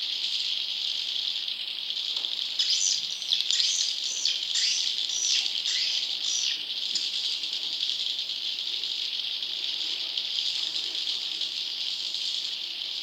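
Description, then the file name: Swiftlet calls, a burst of sharp high chirps in the middle stretch over a continuous high buzzing background. "suara burung walet"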